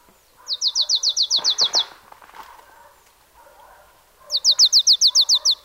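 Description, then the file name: Marsh tit delivering two even trains of about ten bright, high notes each, separated by a pause with softer sounds. "Poecile palustris"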